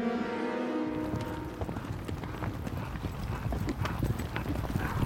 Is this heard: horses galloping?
yes